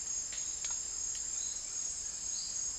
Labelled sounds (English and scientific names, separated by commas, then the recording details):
none
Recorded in dense forest near Puerto Asís, Putumayo, Colombia, on 19 March 2025 at 08:30
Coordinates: 0.503, -76.323
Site GP09